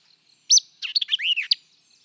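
White-eyed vireo delivering a single emphatic phrase: a loud opening chip, a chatter of short notes, an arched whistle, and a sharp closing note.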